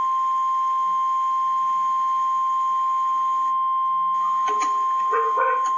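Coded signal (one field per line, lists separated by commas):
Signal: Emergency Alert System (SAME) tones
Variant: 1050 Hz attention tone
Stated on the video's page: Real EAS severe thunderstorm warning.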